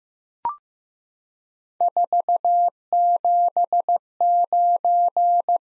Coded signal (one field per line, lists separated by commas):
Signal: Morse code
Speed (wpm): 15 wpm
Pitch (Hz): 700 Hz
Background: none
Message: 479